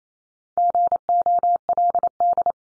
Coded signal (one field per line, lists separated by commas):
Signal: Morse code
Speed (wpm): 28 wpm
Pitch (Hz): 700 Hz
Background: none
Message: GOLD